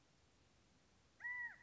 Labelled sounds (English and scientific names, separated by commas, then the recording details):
California Quail (Callipepla californica)
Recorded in Sonoma County, California